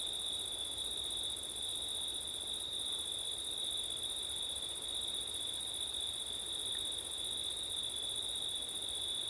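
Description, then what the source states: Night cricket chorus, a level high-pitched trill and a fainter buzzing shimmer above it, accompanied by even wind hiss. Crickets on a windy September night.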